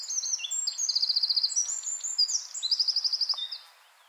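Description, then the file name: Eurasian wren delivering a rapid, high-pitched song of sharp trills and repeated notes that stops abruptly near the end. "Troglodytes troglodytes"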